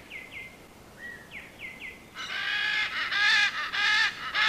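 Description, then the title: Great green macaw uttering a few short whistled downslurred notes, then breaking into loud, harsh, rasping squawks repeated rapidly. Calling sound used to attract other parrots. "Pavanegra. Guacamaya Verde Limón Cantando Sonido para Llamar"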